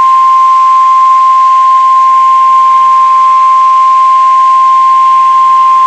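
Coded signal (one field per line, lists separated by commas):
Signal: Emergency Alert System (SAME) tones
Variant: 1050 Hz attention tone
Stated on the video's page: Severe Thunderstorm Warning EAS tones from NOAA weather radio KIG86 in Columbus, Ohio.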